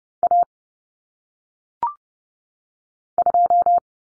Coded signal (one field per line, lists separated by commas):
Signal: Morse code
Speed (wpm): 30 wpm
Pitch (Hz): 700 Hz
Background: none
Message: A 2